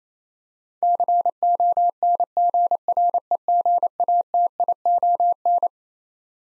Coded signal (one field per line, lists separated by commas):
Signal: Morse code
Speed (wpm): 28 wpm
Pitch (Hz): 700 Hz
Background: none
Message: CONGREGATION